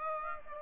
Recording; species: mosquito wingbeat signal from an infrared sensor; Aedes aegypti